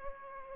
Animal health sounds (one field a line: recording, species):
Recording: mosquito wingbeat signal from an infrared sensor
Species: Aedes aegypti